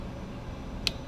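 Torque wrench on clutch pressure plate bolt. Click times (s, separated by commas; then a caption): 0.9 s. A torque wrench re-tightens a clutch pressure plate bolt on the wet clutch of a Ducati Monster motorcycle after the bolt has been loosened. Over a steady low background hum, the wrench gives a single sharp, bright click at 0.9 s. The bolt is confirmed tightened to the wrench's torque setting.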